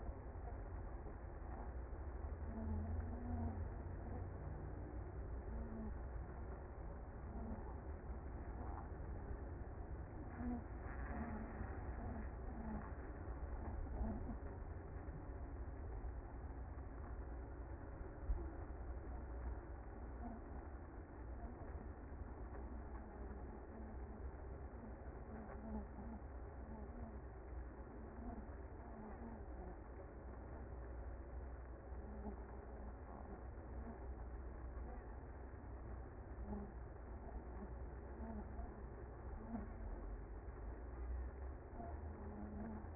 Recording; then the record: honeybee colony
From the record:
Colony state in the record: active